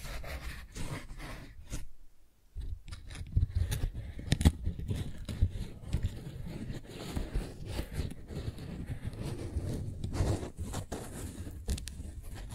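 Flower sounds: dense crinkly rustling and scraping, with sharp crackles and handling thumps throughout and a brief quiet gap near two seconds.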